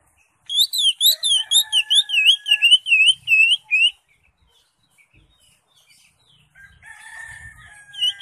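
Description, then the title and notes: Greater Green Leafbird song: quick repeated swooping whistles for several seconds, followed by faint thin tones and quiet background noise. Song used for tutoring (masteran) caged birds. "Suara Burung Cucak Ijo. mantap buat masteran burung cak ijo"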